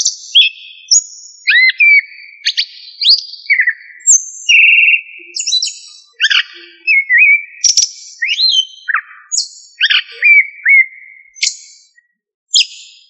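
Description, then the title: Thrush singing a varied string of clear whistled phrases, mixing rising slurs, buzzy trills and sharp high notes, with short pauses between phrases. "Familia Turdidae - Sabia"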